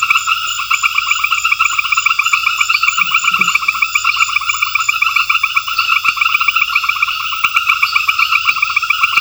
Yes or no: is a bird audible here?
no